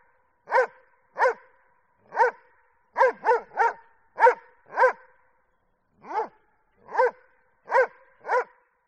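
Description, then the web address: Dobermann barking, about twelve single and doubled barks with short pauses between them, each followed by a brief ringing echo. Barking in the street, with echo. "el sonido del ladrido de un doberman con eco en la calle"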